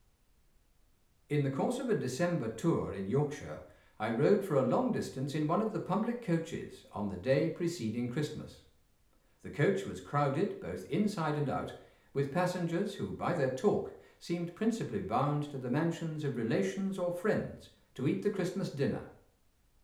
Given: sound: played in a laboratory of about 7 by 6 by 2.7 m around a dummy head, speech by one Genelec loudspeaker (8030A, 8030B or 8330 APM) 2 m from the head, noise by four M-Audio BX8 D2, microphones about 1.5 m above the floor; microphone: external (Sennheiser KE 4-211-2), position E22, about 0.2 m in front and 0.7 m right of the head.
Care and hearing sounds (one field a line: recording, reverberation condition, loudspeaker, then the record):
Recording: male speech in English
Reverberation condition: medium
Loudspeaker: 120 degrees to the right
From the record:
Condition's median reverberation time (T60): about 510 ms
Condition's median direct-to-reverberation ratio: about -0.5 dB